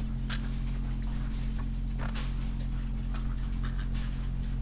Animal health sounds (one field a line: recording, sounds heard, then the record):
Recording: poultry house recording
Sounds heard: sick chickens (respiratory disease)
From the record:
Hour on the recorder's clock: 22